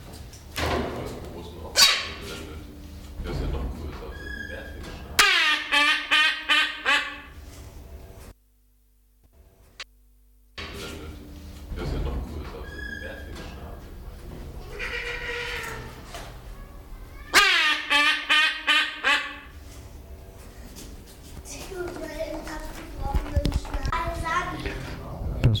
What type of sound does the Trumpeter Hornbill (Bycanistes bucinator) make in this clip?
call